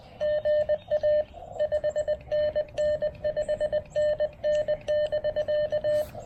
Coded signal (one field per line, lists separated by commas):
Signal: Morse code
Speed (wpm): 19 wpm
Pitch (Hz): 590 Hz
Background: none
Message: GA 5NN 5NN <BK>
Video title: POTA at Fort Dobbs: Testing a BCI filter (and--whoops!--depleting a battery) with the Xiegu G106